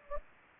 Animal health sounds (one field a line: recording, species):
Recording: mosquito wingbeat signal from an infrared sensor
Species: Anopheles gambiae